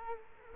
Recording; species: mosquito wingbeat signal from an infrared sensor; Culex quinquefasciatus